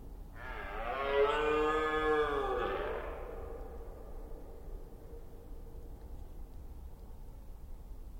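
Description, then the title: Red deer stag giving one long, hoarse roar of about two and a half seconds that sags in pitch at the end, followed by a quiet background. Rutting red deer in the Forêt d'Orléans, France. "Red Deer Rut - Forêt d'Orleans, France"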